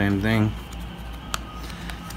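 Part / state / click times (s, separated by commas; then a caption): plastic cover piece on a gaming chair's backrest adjuster mechanism / seated / 1.3 s. Someone talks briefly, then a plastic cover piece on the backrest angle-adjuster of a GTRACING gaming chair is pushed over its mounting point. It snaps into place with a sharp click at 1.3 s. A fainter tick follows near 1.9 s.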